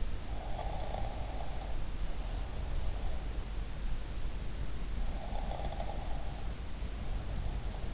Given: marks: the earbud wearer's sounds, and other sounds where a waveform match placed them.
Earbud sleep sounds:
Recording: sounds in sleep by an in-ear microphone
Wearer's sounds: snoring breath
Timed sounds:
0.26-3.38 s: snoring breath
5.13-7.94 s: snoring breath

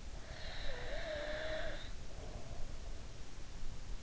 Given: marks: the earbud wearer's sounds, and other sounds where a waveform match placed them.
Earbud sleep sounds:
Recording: sounds in sleep by an in-ear microphone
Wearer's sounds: breath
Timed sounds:
0.05-3.28 s: breath

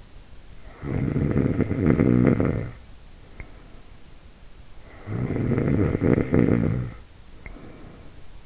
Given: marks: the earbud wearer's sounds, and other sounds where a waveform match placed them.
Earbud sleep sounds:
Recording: sounds in sleep by an in-ear microphone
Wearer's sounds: snoring breath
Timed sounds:
0.57-4.17 s: snoring breath
4.92-8.46 s: snoring breath

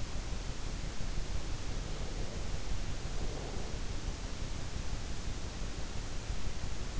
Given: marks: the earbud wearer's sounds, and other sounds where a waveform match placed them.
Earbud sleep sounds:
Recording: sounds in sleep by an in-ear microphone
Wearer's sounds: breath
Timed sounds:
1.74-4.06 s: breath

